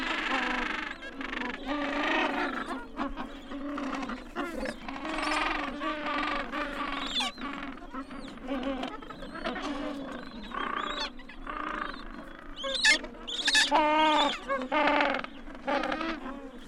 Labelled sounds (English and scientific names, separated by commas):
Gentoo Penguin (Pygoscelis papua) call